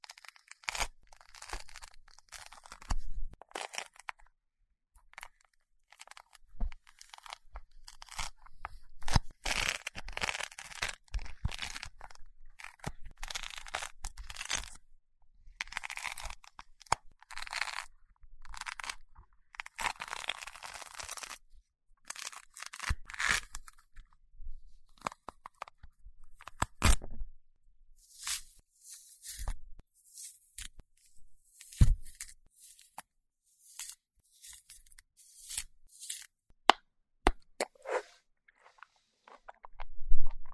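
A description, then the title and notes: Someone eats an orange, with wet peeling, tearing and juicy chewing sounds coming in irregular bursts. Busier stretches around ten and twenty seconds give way to sparser, sharper clicks and smacks, with a louder crackle right at the end. 吃橘子｜Eating Orange.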